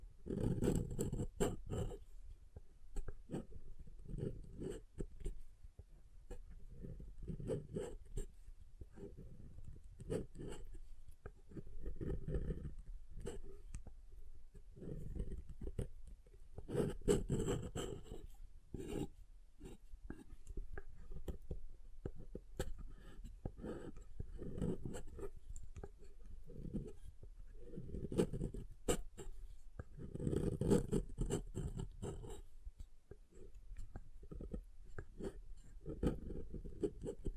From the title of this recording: SoftHard Soap Tapping and Carving